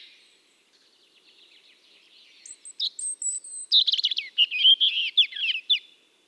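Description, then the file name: European robin singing a soft, quiet trill that swells into a high thin whistle and then a fast, tumbling run of bright twittering notes before fading. "Erithacus rubecula"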